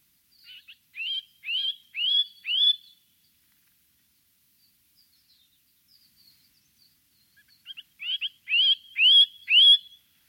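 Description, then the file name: Bird song: five upslurred whistled notes getting louder, a pause, then a similar series of about six notes. "chant oiseau"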